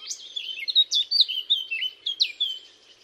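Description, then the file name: Eurasian blackcap song: a fast run of rich, varied warbling notes, sliding up and down, with several loud bright phrases over three seconds. "Sylvia atricapilla"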